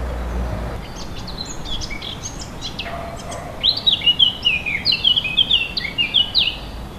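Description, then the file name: Warbler song: a fast run of varied, scratchy and sweet high-pitched notes, starting after a quieter opening with a brief low rumble. Portable MiniDisc recorder; 5 April 2014. "Fauvette 5 04 14"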